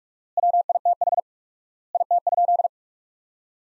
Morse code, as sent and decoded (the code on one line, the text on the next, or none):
.-- .. - .... / .. - ..--..
WITH IT?